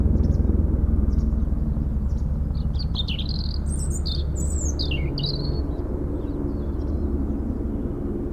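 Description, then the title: European robin song, a rapid high warble of slurred whistles and trills midway, accompanied by a loud low rotor drone that fades slightly. Singing in a hedge near Lac du Bourget, Brison-Saint-Innocent, France, during helicopter lifting work on a cliff, sound echoing off Mont Corsuet; Zoom H4n Pro set vertically on ground. "4 Chem. de la Pointe Forestier, Brison-Saint-Innocent, France - Duo rouge-gorge hélicoptère"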